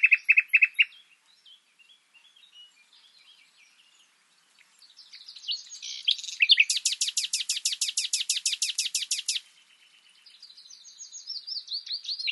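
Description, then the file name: Common nightingale starting with a few loud chirps, then quiet twittering, a sustained fast rattle of about three seconds, and soft sliding notes. "Luscinia megarhynchos"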